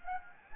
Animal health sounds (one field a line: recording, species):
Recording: mosquito wingbeat signal from an infrared sensor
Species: Anopheles gambiae